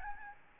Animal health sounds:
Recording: mosquito wingbeat signal from an infrared sensor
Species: Aedes albopictus

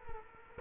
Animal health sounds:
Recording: mosquito wingbeat signal from an infrared sensor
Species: Culex quinquefasciatus

